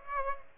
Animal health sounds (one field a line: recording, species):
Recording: mosquito wingbeat signal from an infrared sensor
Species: Aedes aegypti